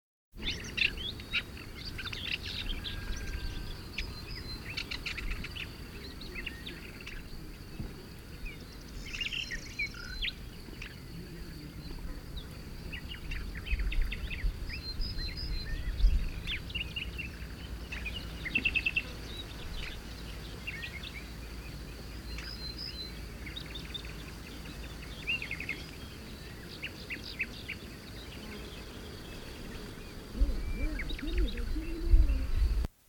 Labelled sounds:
Woodchat Shrike (Lanius senator) song
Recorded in the wild
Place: Džebel, Khaskovo, BG
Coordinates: 41.312, 25.274
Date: 1974-05-29
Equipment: Nagra III BH, Sennheiser MD 21, parabola
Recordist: Schubert, Michael
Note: Gesang Rotkopfwürger

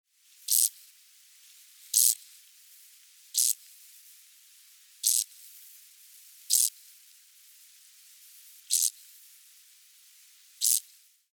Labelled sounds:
Field Grasshopper (Chorthippus brunneus)
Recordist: Tembrock, Günter
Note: Einzelnes Männchen: Stridulation

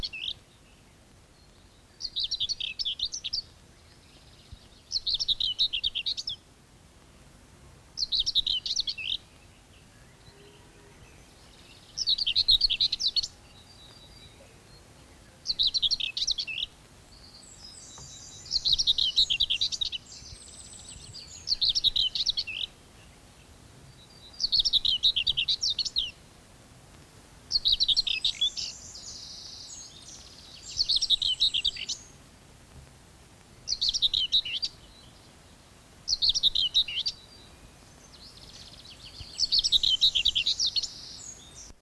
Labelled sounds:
Common Whitethroat (Sylvia communis) song
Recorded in the wild
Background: Emberiza citrinella
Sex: male
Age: adult
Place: Schloß Holte-Stukenbrock, Senne, Nordrhein-Westfalen, DE
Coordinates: 51.8711, 8.6625
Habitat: farm
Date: 1966
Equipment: Uher 4000 Report-S, Bändchenmikro Beyer M 260, Parabolspiegel Polyester (470 mm)
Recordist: Conrads, Klaus
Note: Hof Dirks (Furlbach-Gebiet). Männchen: Gesang. Band Co 8B, keine genaue Datumsangabe: Juni 1966

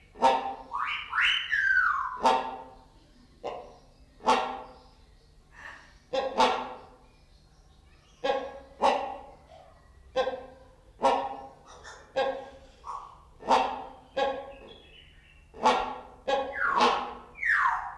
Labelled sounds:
Great Hornbill (Buceros bicornis)
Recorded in captivity
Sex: pair
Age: adult
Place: Zoo Berlin, Berlin, DE
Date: 1994-03-26 11:22
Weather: 4-5°C, bedeckt, z.T. Regen
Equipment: Marantz CP 430, Sennheiser ME 80, Kopie Uher Variocord 263
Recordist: Tembrock, Günter

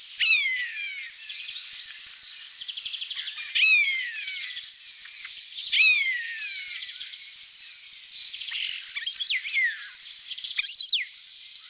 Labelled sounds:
European Starling (Sturnus vulgaris) song
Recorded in the wild
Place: Oberrotweil am Kaiserstuhl, Baden-Württemberg, DE
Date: 1988-02-21
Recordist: Schwarz, Dieter
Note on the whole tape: Song

